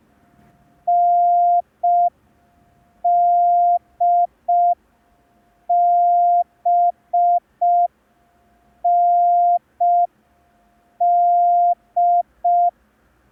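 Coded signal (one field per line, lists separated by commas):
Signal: Morse code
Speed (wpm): 5 wpm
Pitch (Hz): 700 Hz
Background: none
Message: NDBND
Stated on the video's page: Morse code lesson, day 2 of a 10-day course.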